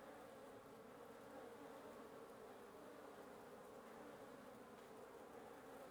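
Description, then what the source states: Dense wasp buzzing, a continuous low humming drone of many insects with no breaks. Wasp nest under the roof of the recordist's residence at 1a Avenida Norte 19, Antigua Guatemala, Guatemala; recorded in the morning.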